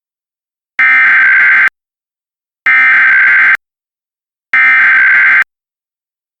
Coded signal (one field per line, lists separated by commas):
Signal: Emergency Alert System (SAME) tones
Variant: header bursts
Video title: EAS 283: Ontario Amber Alert (May 16 2023)